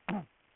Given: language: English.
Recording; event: throat vibration sensor signal played as sound; throat clearing